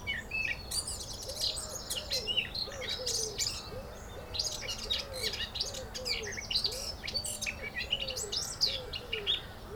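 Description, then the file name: Eurasian blackcap giving a continuous chattering warble, with a soft low hooting note repeated regularly throughout. "Sylvia atricapilla"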